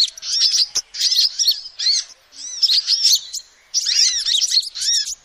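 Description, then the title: Lovebird chattering, shrill high chirps and arched squeaky notes in dense bursts separated by brief pauses, with a few sharp clicks. Used as a lure (pikat) to trap birds. "PIKAT BURUNG LOVEBIRD"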